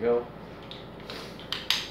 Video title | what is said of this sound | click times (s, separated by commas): Review - Little Valentine Waist Bag (is it better than Nerf's holster?) | And that now is locked into place. | 1.5 s, 1.7 s